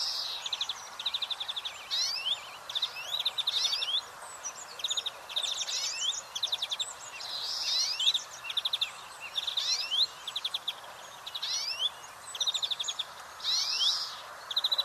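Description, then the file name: European greenfinch: a continuous run of rapid, rattling trills and quick upward-sweeping notes, with constant background hiss. "Chloris chloris"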